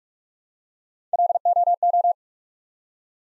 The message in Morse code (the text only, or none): LOO